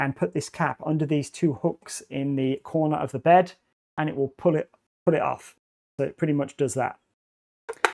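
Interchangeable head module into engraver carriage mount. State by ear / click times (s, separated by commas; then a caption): seated / 7.8 s. Someone talks while the swappable laser head module of an xTool M2 engraver, in its plastic housing, is pressed into the magnetic/clip mount on the machine's carriage. A sharp snap at 7.9 s marks the head module seating in place.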